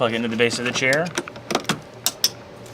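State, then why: Seated. Someone talks as the large backrest cable connector of an Osaki OS-7200H massage chair is plugged into the socket on the chair's base. A few soft knocks follow, and then sharp, loud clicks at 2.1 and 2.2 seconds show the connector has seated.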